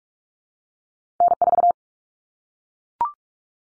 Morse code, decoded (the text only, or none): N4